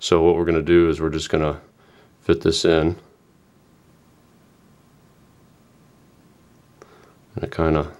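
Someone talks while fitting the plastic mid-frame top piece back onto the housing of a Samsung Galaxy S3 smartphone during a GPS fix, then there is a quiet stretch broken only by a faint short tick near 6.8 s before the talking resumes at about 7.4 s. The piece is still being handled and nothing has seated or clicked into place yet.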